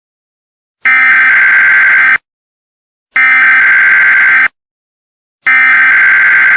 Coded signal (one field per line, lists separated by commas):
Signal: Emergency Alert System (SAME) tones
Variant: header bursts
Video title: EAS SCENARIO: ornithophobia